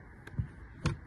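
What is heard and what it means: The small catch underneath the plastic lid of a Trobolo WandaGO toilet is pulled out, releasing the lid from the toilet body. A faint tick sounds at 0.3 s, then a sharper click at 0.9 s as the catch lets go and the lid is released.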